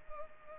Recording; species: mosquito wingbeat signal from an infrared sensor; Culex pipiens